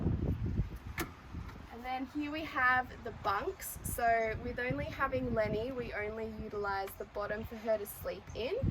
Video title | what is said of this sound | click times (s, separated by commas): LET US WALK YOU THROUGH THE 2021 EZYTRAIL PARKES 15 MK2 OFF-ROAD HYBRID CARAVAN | it just clicks back in like that and | 0.3 s